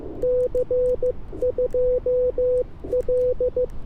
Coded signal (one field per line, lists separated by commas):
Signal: Morse code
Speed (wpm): 15 wpm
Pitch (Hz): 500 Hz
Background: none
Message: C2L